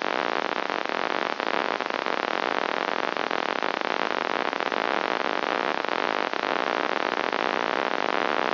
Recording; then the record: brain microelectrode recording played as sound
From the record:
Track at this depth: outside the subthalamic nucleus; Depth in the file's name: 0.004 mm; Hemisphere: right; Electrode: 2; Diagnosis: Parkinson's disease